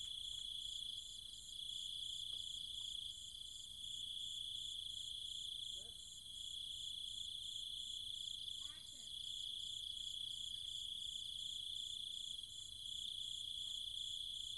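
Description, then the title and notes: Cicadas and other insects in a steady high-pitched shrill chorus with a faster pulsing layer above, plus faint brief chirps near six and nine seconds. Cicadas and other insects calling at night in trees and fields, Chiang Mai, Thailand, countryside. "Cicada countryside, Thailand. Nighttime sounds of the cicadas and insects in the trees and fields, Chiang Mai, Thailand. Recorded by Alex Boyesen"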